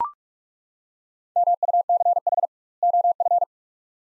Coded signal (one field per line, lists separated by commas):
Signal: Morse code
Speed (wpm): 43 wpm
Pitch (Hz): 700 Hz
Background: none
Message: MUCH OF